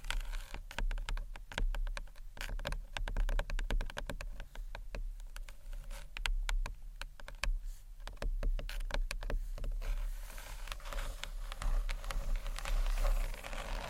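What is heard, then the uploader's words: Light, scratchy tapping on books, a dense run of quick dry clicks and brushing strokes that comes in irregular bursts. After about ten seconds the tapping gives way to a softer, continuous scratching. A low steady hum sits underneath throughout. ASMR Gentle SCRATCHY TAPPING on BOOKS （No Talking）.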